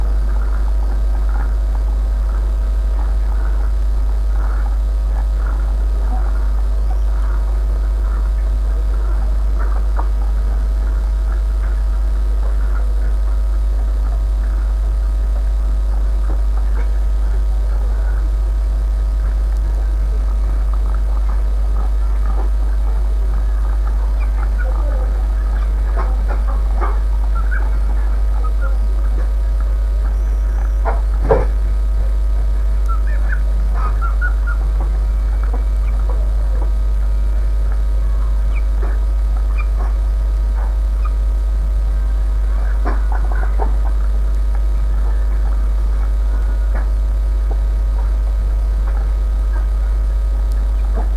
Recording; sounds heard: poultry house recording; sick chickens (respiratory disease)